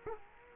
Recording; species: mosquito wingbeat signal from an infrared sensor; Culex quinquefasciatus